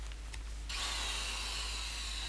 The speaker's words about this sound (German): Was war das denn? Was ist denn los? Da war doch gar nichts. Doch, hörte sich an, als wenn jemand gebohrt hätte und so ähnlich.